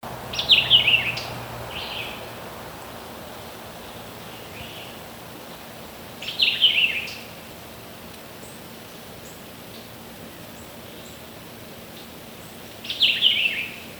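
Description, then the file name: White-eyed vireo song: three short, snappy, scratchy phrases about six seconds apart, with quiet steady background noise between them. "A White-eyed Vireo bird vocalizing"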